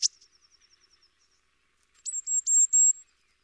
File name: Cyanistes caeruleus